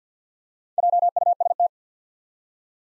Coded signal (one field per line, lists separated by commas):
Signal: Morse code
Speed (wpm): 48 wpm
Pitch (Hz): 700 Hz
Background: none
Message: JUST